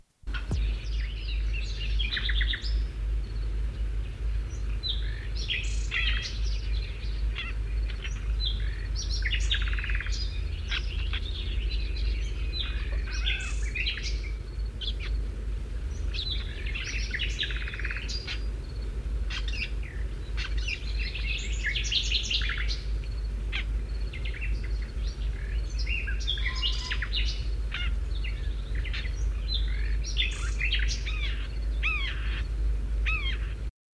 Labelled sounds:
Eurasian Golden Oriole song
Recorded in the wild
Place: Sapareva Banya, Rila-Gebirge, Sofia, BG
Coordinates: 42.29, 23.269
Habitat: Montains
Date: 1974-05-22
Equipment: Nagra III BH, Sennheiser MD 21, parabola
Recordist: Schubert, Michael
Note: Pirol Subsong

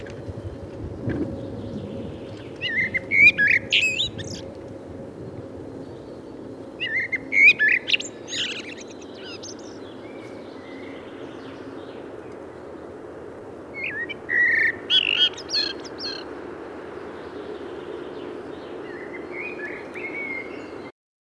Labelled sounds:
Common Blackbird song
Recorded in the wild
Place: Serrahn, Mecklenburg-Vorpommern, DE
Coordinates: 53.344, 13.204
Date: 1978-08-04
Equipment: Nagra III BH, Sennheiser MD 21, parabola
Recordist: Schubert, Michael
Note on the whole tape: Gesang Amsel

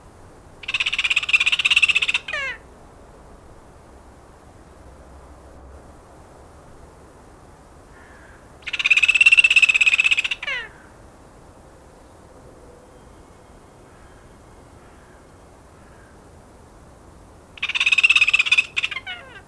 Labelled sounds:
Kea call
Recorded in captivity
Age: adult
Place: Zoo Berlin, Berlin, DE
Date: 2001-11-28 13:59
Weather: bedeckt, 5°C
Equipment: Marantz CP 130, Sennheiser MKH 416, Kopie Uher 4000 Report Monitor
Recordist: Tembrock, Günter

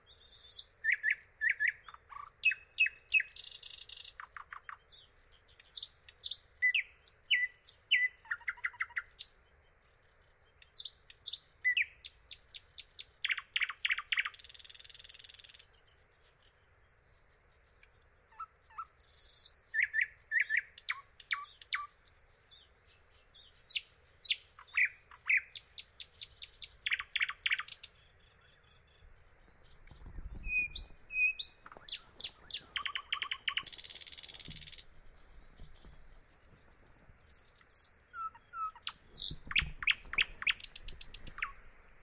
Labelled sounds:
Thrush Nightingale song
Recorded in the wild
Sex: male
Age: adult
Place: Dargun, Peenetal, Mecklenburg-Vorpommern, DE
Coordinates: 53.8764, 12.8739
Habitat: wetland
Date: 2010-06-09 22:21
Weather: 15°C, almost no wind
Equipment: Sound Devices 702, Sennheiser MKH 70, Rycote Windschutz
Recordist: Frommolt, Karl-Heinz

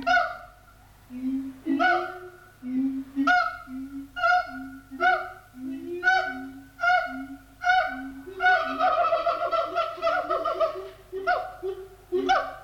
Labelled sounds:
Siamang
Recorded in captivity
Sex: diverse
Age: diverse
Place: Zoo Berlin, Berlin, DE
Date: 1984-12-07 10:25
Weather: sonnig, 5°C
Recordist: Tembrock, Günter

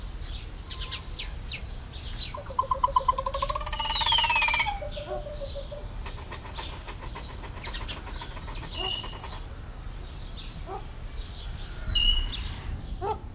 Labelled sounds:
Yellow-faced Myna call
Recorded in captivity
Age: adult
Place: Zoo Berlin, Berlin, DE
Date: 1994-06-25 11:19
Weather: sonnig, 18-25°C, Wind
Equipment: Marantz CP 430, Sennheiser ME 80, Kopie Uher Variocord 263
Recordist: Tembrock, Günter

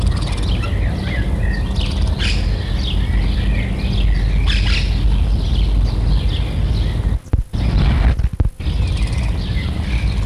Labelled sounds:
Black-tailed Prairie Dog
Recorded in captivity
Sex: group
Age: diverse
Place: Tierpark Berlin, Berlin, DE
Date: 1962-06-18 20:00
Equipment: Minifon, Kopie Smaragd
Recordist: Tembrock, Günter

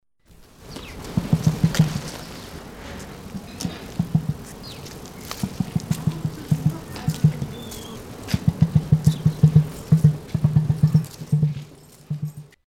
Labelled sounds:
Emu
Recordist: Tembrock, Günter
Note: Kontaktlaute

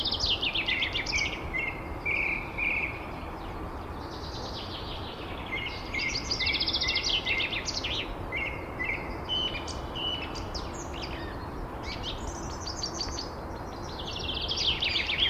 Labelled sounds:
Song Thrush song
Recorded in the wild
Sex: male
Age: adult
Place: Erlangen, NSG Brucker Lache, Bayern, DE
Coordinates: 49.5644, 11.0131
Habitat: forest
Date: 1962-03-28
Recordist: Tretzel, Erwin

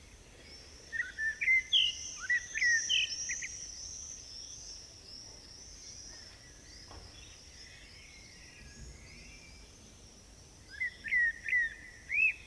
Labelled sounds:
Common Blackbird song
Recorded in the wild
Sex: male
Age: adult
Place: Bielefeld-Mitte, Nordrhein-Westfalen, DE
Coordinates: 52.0108, 8.55083
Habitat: residential district
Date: 1969-07-14
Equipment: Uher 4000 Report-S, Bändchenmikro Beyer M 260, Parabolspiegel Polyester (470 mm)
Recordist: Conrads, Klaus
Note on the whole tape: Bielefeld, Ehlentruper Weg. Männchen: Gesang, sehr gute Menschenpfiff-Imitation

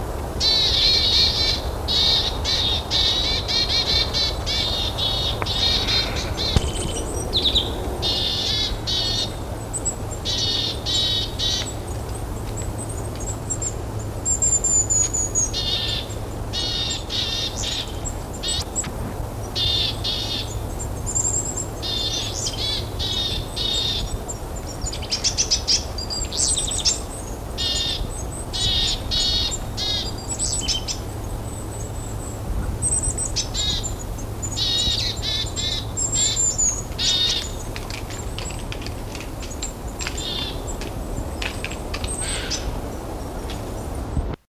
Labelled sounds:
Willow Tit call
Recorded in the wild
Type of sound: call
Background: Regulus spec
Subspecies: salicarius
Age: adult
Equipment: Halbspur, 9,5 cm/s
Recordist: Lütgens, Hans
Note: Herbsttrupp von Weidenmeise und Goldhähnchen,bei ersteren Rivalisieren und am Ende Kampf

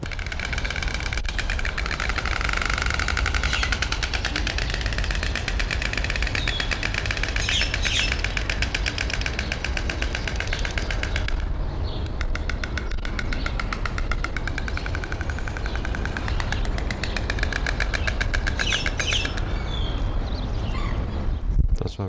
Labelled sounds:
White Stork
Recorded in captivity
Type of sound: bill clattering
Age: adult
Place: Zoo Berlin, Berlin, DE
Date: 1993-03-20
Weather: 5-8°C, böiger Wind
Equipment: Marantz CP 430, Sennheiser ME 80, Kopie Uher Variocord 263
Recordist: Tembrock, Günter
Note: 2 Paare, Schnabelklappern

